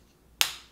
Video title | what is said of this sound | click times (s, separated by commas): How to Replace Mazda Key Fob Battery - Mazda Tutorial | you're just gonna snap it in place just push down and it'll snap right in place | 0.4 s